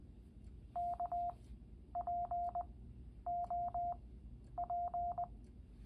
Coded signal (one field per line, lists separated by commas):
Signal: Morse code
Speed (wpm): 20 wpm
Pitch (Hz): 700 Hz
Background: none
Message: KPOP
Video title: Morse Code in K-POP? Yes!!!